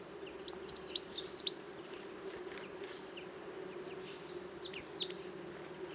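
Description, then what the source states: Coal Tit song: bright, high two-note phrases repeated quickly in a short burst, then a second softer run, over a steady low drone. Small chorus of coal tits in autumn forest of Val Drôme at La Sarcena, 26 October 2018, sunny morning, half an hour after daybreak.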